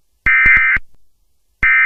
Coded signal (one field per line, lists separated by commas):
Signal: Emergency Alert System (SAME) tones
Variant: end-of-message bursts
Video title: Another week. Another Vids (EAS scenario-Western Impact PT1)